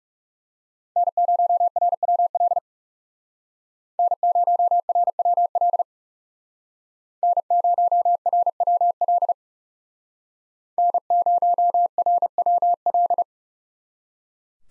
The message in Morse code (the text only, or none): N0RWL N0RWL N0RWL N0RWL